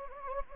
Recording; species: mosquito wingbeat signal from an infrared sensor; Anopheles gambiae